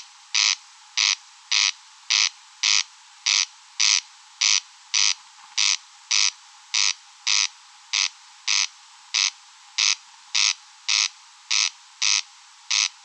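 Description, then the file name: Corn crake giving its dry, rasping call, harsh buzzy notes repeated steadily about twice a second throughout, with no other sounds. In meadows. "Engsnarre Roenbjerg Enge"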